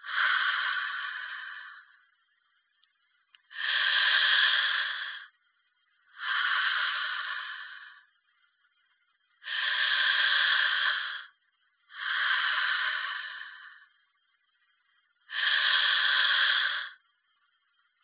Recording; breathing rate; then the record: paced breathing near a phone; 10 breaths a minute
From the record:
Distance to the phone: 20 cm